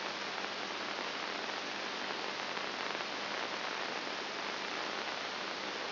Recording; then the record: brain microelectrode recording played as sound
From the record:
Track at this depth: inside the subthalamic nucleus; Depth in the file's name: 2.301 mm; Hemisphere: right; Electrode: 2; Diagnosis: Parkinson's disease